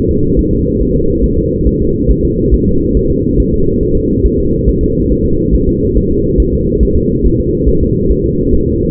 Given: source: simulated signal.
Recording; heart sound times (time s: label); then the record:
fetal heart sounds
0.11 s: S2
0.39 s: S1
0.53 s: S2
0.81 s: S1
0.96 s: S2
1.24 s: S1
1.38 s: S2
1.67 s: S1
1.81 s: S2
2.11 s: S1
2.25 s: S2
2.54 s: S1
2.68 s: S2
2.97 s: S1
3.11 s: S2
3.40 s: S1
3.54 s: S2
3.83 s: S1
3.97 s: S2
4.26 s: S1
4.40 s: S2
4.69 s: S1
4.83 s: S2
5.12 s: S1
5.26 s: S2
5.55 s: S1
5.69 s: S2
5.97 s: S1
6.12 s: S2
6.40 s: S1
6.54 s: S2
6.83 s: S1
6.97 s: S2
7.26 s: S1
7.40 s: S2
7.69 s: S1
7.83 s: S2
8.12 s: S1
8.26 s: S2
8.54 s: S1
8.69 s: S2
From the record:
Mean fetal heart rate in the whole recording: 140 bpm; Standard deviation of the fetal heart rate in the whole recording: 2 bpm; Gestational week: 34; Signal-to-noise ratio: -15.3 dB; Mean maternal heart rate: 72 bpm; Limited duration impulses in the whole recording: present